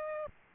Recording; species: mosquito wingbeat signal from an infrared sensor; Aedes aegypti